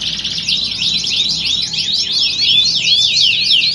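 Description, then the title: Canary giving a brief burst of high, rapid looping whistles and trilled chirps, steady and continuous. Belgian canary; warm-up song used for singing contest training and simulation. "Canto Para Esquentar Canário Belga. Simulasi Lomba Kenari. Suara Kenari Lomba. Melatih Mental Kenari Juara"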